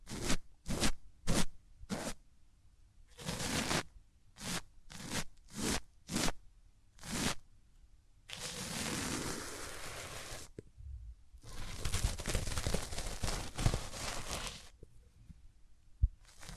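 Hands rub over the ears in a series of short, brisk swipes, about one every half second at first, each a bright rasping burst. Later come two longer, steady stretches of continuous rubbing, a few seconds each, separated by a brief pause.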